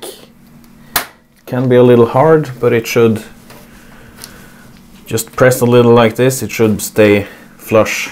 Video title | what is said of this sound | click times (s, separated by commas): How to build a gaming PC - easy to follow step-by-step guide with chapters! | the way around you should hear some click it | 1.0 s